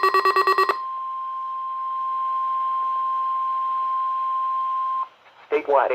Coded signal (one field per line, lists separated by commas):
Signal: Emergency Alert System (SAME) tones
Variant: 1050 Hz attention tone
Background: speech